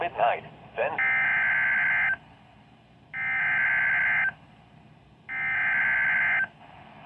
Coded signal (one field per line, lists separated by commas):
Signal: Emergency Alert System (SAME) tones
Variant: header bursts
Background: speech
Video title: DAY ONE - EAS Alerts from 4/15/24 #38-39